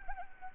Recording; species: mosquito wingbeat signal from an infrared sensor; Anopheles arabiensis